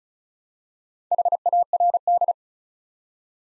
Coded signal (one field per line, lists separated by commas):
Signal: Morse code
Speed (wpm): 36 wpm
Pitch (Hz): 700 Hz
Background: none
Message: HARD